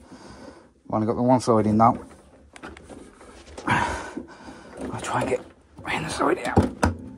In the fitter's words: There you go. So I've got two clicks now. I know that the back's in.